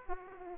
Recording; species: mosquito wingbeat signal from an infrared sensor; Aedes aegypti